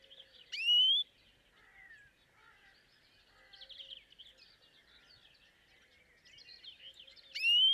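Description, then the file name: European greenfinch giving two loud rising calls, one near the start and one near the end, with soft twittering and faint low notes between. "Chloris chloris"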